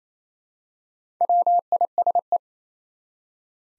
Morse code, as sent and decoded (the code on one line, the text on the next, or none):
.-- .. ... .
WISE